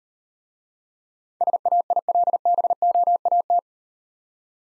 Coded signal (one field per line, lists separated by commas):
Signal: Morse code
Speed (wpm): 40 wpm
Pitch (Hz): 700 Hz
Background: none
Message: SAILBOAT